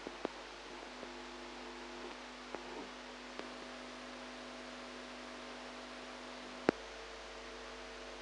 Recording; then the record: brain microelectrode recording played as sound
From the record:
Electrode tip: outside the subthalamic nucleus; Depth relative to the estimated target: 4 mm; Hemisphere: right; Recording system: NeuroSet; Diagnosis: Parkinson's disease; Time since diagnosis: 8 years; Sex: female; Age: 45 years